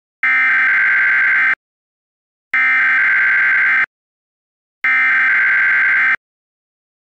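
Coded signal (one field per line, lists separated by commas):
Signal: Emergency Alert System (SAME) tones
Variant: header bursts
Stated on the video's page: Real EAS tornado warning issued by the National Weather Service for northern Maryland counties.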